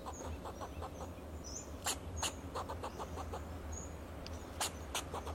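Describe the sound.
Fox squirrel making a run of repeated clucking notes punctuated by sharp clicks, with low hum and faint high chirps.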